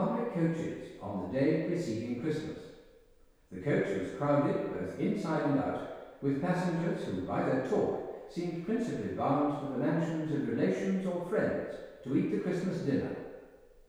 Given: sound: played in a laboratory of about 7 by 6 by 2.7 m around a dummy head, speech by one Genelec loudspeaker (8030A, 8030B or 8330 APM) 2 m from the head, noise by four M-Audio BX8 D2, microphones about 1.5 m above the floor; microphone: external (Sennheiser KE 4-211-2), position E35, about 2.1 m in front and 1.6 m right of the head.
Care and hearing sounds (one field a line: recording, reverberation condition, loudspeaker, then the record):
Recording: male speech in English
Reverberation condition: high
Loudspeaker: in front (0 degrees)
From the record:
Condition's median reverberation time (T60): about 1300 ms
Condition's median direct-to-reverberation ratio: about -4.0 dB